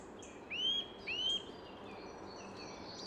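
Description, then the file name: Eurasian nuthatch calls: two clear, rising whistled notes about half a second apart, followed by fainter high calls over a steady background hiss. "Sitta europaea"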